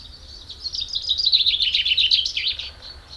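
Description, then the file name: Common chaffinch song phrase: a fast series of high chipping notes descending slightly in pitch over two seconds. "Fringilla coelebs"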